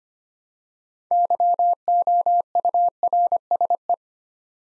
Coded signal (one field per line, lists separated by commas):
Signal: Morse code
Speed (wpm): 25 wpm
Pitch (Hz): 700 Hz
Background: none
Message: YOURSE